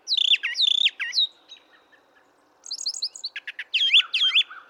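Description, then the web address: Brown thrasher song: loud, varied phrases, mostly doubled; high whistled notes, then a pause before faster buzzy and chirpy pairs. "birdsongforthecurious Brown Thrasher"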